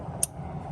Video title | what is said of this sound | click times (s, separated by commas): Knock Sensor Replacement (Toyota 4Runner 3.4L TRD Supercharged V6 5VZ-FE) (P0325) | Hear that click, pull back, and we're good there. | 0.2 s